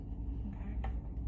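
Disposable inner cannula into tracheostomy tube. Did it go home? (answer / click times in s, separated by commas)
yes / 0.8 s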